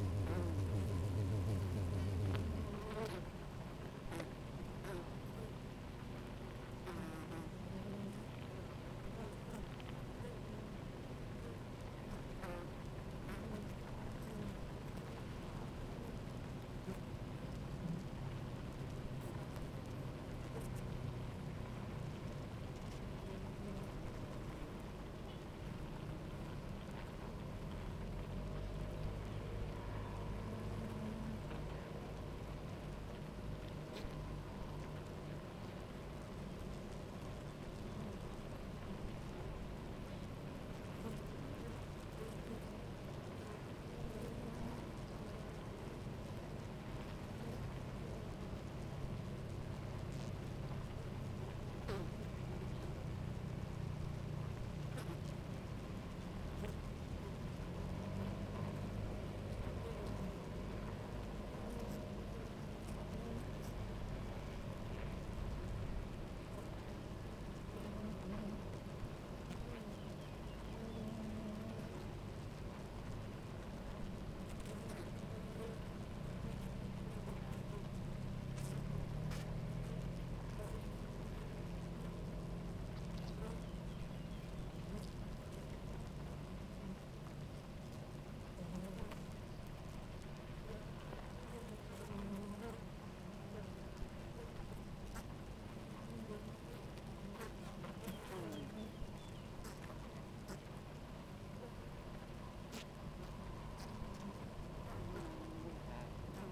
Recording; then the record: honeybee colony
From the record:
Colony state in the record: active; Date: 28 July 2017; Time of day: 11:01